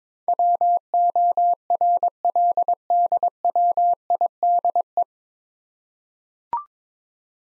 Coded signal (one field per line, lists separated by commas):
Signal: Morse code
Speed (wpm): 21 wpm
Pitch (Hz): 700 Hz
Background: none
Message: WORLDWIDE